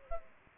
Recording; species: mosquito wingbeat signal from an infrared sensor; Aedes aegypti